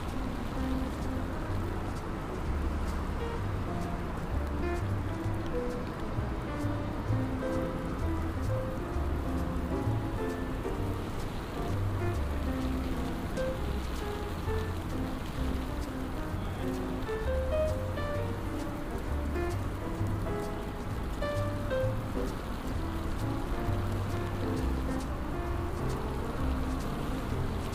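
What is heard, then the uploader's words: Rain on a New York day, a steady dense hiss that holds level for the whole stretch. Underneath, a low rumble of traffic swells and fades in uneven patches, with faint scattered taps and clicks rising above the wash now and then. Raining Day In New York.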